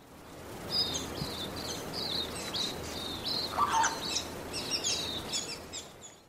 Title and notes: Forty-spotted Pardalote recording is by Pieter de Groot Boersma on xeno-canto website